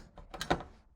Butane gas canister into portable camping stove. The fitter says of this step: It's a little like a giant lighter, right? And then you snap it in.